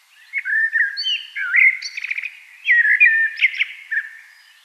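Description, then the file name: Common blackbird song: continuous rich, fluty whistles rising and falling, broken by short buzzy trills and sharp high squeaks. "Turdus merula"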